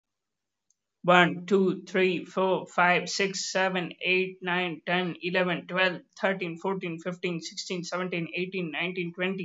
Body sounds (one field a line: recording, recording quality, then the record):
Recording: counting at a fast pace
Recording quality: excellent, no background noise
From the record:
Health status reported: healthy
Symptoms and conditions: none ticked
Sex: male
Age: 22 years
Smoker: not ticked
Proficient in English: yes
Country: India